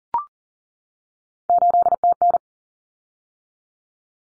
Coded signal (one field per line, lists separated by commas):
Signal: Morse code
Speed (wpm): 40 wpm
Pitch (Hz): 700 Hz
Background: none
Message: 8TN